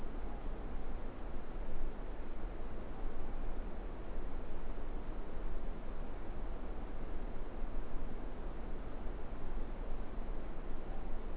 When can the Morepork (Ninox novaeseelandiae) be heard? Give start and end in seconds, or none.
none